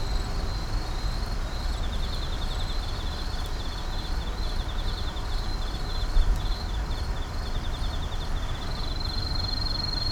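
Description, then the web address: Insects chirping, with a steady pulsed chirping and a faint second rapid ticking series joining after a couple of seconds, over a constant low traffic-like rumble. Numerous insects calling at night in an urban park. "boom library Urban and Suburban Urban park night insects numerous"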